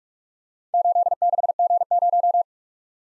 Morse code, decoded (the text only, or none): 86G0